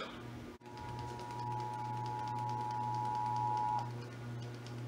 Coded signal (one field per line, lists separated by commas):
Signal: Emergency Alert System (SAME) tones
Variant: 853 and 960 Hz attention tone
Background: music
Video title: (EAS #101-104) December 2021 Texas Required Monthly Test (WBAP-AM, KXAS-TV, KDFW-TV and WFAA-TV)